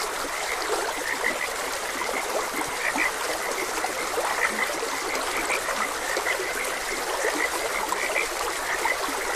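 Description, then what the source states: Frogs calling in an ongoing chorus of brief repeated notes, heard over continuous trickling stream water. Frogs croaking beside a gentle stream, ambient nature sounds.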